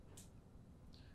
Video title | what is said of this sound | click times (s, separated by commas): ANTSIG : How to Wire a CAT6 RJ45 Ethernet Jack | this end of the tool in the slot and press down firmly until the wire is locked into place | 0.2 s, 0.9 s